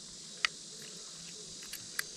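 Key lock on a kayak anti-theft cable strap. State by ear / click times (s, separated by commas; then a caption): seated / 0.4 s. A key is turned in the lock of a kayak anti-theft cable strap after some fumbling, and the lock engages with a sharp click at 0.5 s, so the lock is seated. A fainter click follows at 2.0 s over a steady high-pitched background hiss.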